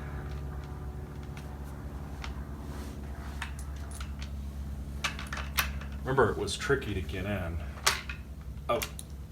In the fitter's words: Oh, I think I just heard it pop out. That sucks big time.